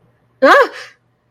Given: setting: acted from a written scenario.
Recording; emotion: vocal sound without words; negative surprise